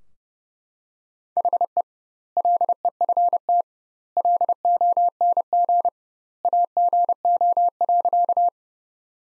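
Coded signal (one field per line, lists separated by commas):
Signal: Morse code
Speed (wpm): 32 wpm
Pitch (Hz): 700 Hz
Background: none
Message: HE LEFT LONG AGO.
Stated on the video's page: Morse Code Ninja practice: sentences from the top 500 words at 30 wpm with double standard word spacing, a word-based approach analogous to Farnsworth.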